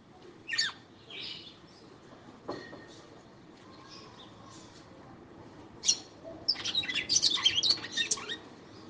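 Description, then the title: Red-cowled cardinal song in scattered high chirps, then a fast, busy run of sharp twittering notes toward the end. Lively female singing to the male; presented as audio to stimulate a male. "Canto Galo Campina Fêmea. FÊMEA DE GALO DE CAMPINA FOGOSA CANTANDO PRO MACHO"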